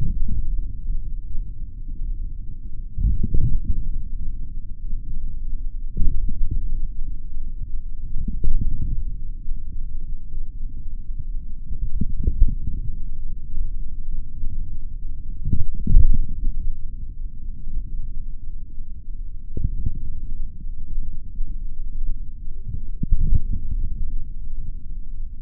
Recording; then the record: forearm muscle sounds (acoustic myography)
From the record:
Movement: forearm supination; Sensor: system 3, bracelet of six PUI Audio POM-2738L microphones around the upper forearm, with dedicated amplification and filtering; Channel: 2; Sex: male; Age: 26 years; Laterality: right